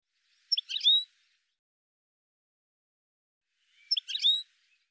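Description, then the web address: Bird calls: two short bursts of sharp, chirping high notes, roughly three seconds apart, separated by silence. "cianscape birddata"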